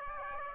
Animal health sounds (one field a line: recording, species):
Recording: mosquito wingbeat signal from an infrared sensor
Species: Aedes aegypti